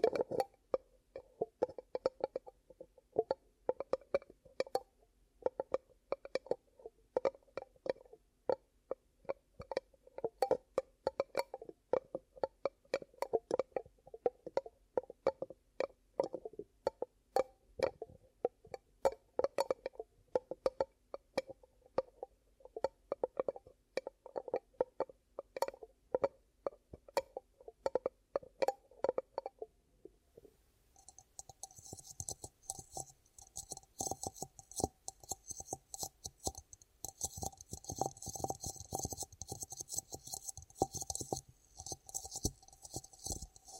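Ear cupping triggers: rapid, dense muffled pats and rubs with a hollow, mid-pitched thud, repeating quickly for about thirty seconds. Around the half-minute mark the sound changes to a brighter, hissy rustling with a steadier low rumble underneath.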